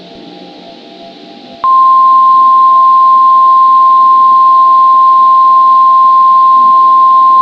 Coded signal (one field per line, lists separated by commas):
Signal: Emergency Alert System (SAME) tones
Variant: 853 and 960 Hz attention tone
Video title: EAS Scenario - Browns Ferry Nuclear Power Plant Meltdown